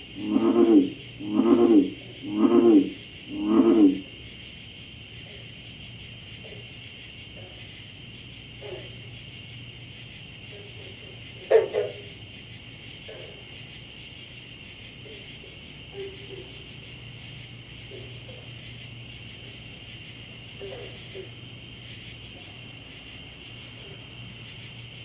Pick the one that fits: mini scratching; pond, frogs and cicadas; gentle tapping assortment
pond, frogs and cicadas